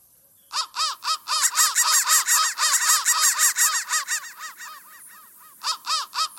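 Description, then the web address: Crow calls burst in after a brief quiet start, a flurry of overlapping harsh caws that thins out, then resumes near the end. "soundfactory crow"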